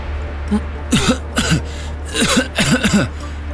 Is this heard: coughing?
yes